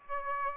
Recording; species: mosquito wingbeat signal from an infrared sensor; Aedes aegypti